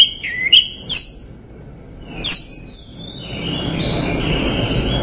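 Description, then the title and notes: Bird chirps: a few sharp, high notes early on, then mostly hiss with faint twittering. "Bird Sound. Kicau Burung Lengkap"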